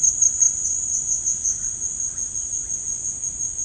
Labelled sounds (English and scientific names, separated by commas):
Russet-backed Oropendola (Psarocolius angustifrons)